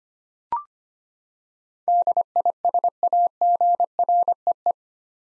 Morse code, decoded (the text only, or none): DISAGREE